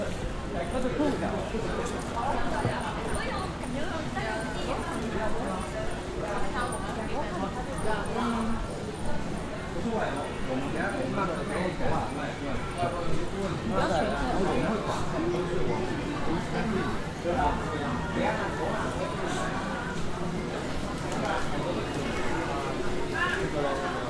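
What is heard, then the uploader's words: A busy walkway at Nishiki Market in Kyoto, filled with a steady, dense murmur of many overlapping voices and chatter throughout. Footsteps and small clattering sounds pop up often, with a faint high steady tone and a low hum running underneath. Nishiki Market (錦市場), Kyoto, Japan.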